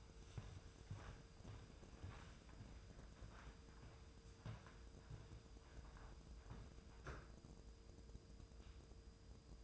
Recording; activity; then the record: daily activity, microphone in the room; walk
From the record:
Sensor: 2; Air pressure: 995.8 hPa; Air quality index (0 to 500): 245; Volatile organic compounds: 1000 ppm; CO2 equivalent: 6058 ppm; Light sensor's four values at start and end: 45/92/45/52 and 33/78/34/38